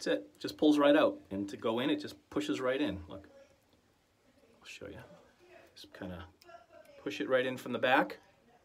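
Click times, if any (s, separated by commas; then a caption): none. A replacement blade is handled at a razor head, about to be pushed in from the back, while someone talks, partly in a near-whisper. Faint handling rustles sit between the words. The blade has not seated or clicked into the holder yet.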